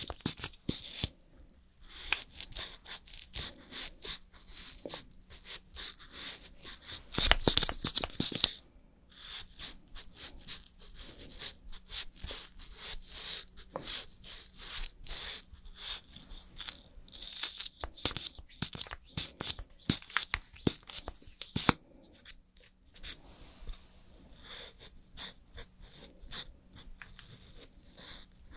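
Makeup and hair styling with small, dense handling sounds: quick crackles, soft brushing and light taps that come in irregular bursts throughout. A louder rustling spray-like burst occurs around seven to eight seconds, and a sharp snap near twenty-two seconds.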